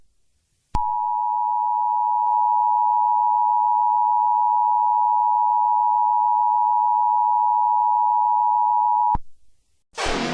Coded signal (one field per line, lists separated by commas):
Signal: Emergency Alert System (SAME) tones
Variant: 853 and 960 Hz attention tone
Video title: Eas scenario (phantom 79)